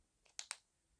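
The battery compartment end cap on a SAIM SCL35 thermal riflescope is closed after two batteries are loaded, one facing up and one facing down. After a faint tick at 0.3 s, the cap snaps home with sharp clicks at 0.4 s and 0.5 s. It seats with a positive click.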